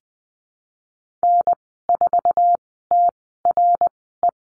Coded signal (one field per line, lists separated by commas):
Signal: Morse code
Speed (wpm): 19 wpm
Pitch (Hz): 700 Hz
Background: none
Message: N4TRE